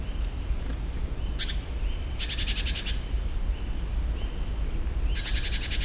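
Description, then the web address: Great tit making buzzy churring bursts, with high thin notes and soft flat tones around them, over a steady low rumble. In nature; another call type of the species. "allathangok termeszetben szencinege masikhangja"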